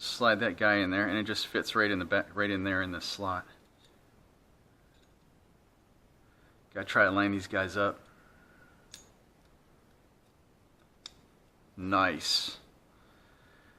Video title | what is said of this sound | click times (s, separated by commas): Team Redcat BE6S Center Diff Rebuild | that basically clicks right into place I like it alright | 11.1 s